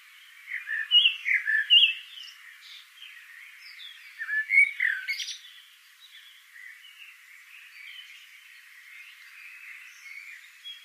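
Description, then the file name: Eurasian blackbird calls in short squawking bursts, two clusters of harsh chuckling notes early on, then quieter scattered chatter against steady background hiss. "Turdus merula"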